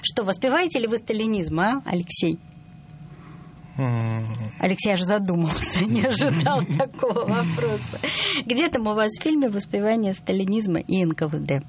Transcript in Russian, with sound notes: Воспеваете ли вы сталинизм, Алексей? Алексей аж задумался. (смеется) Не ожидал такого вопроса. Где там у вас в фильме воспевание сталинизма и НКВД?